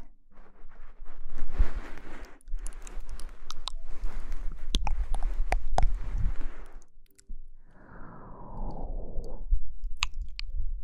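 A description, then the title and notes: Wet mouth sounds, chewing and crunching in bursts with sharp clicks, pausing near 2.5 and 7 seconds before a softer, smacking stretch. Mouth Sounds.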